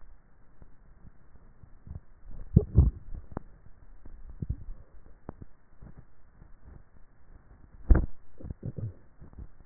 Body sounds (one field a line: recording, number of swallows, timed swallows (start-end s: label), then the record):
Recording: swallowing sounds by neck microphone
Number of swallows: 2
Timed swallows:
2.35-3.65 s: swallow
4.18-5.55 s: swallow
From the record:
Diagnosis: dysphagia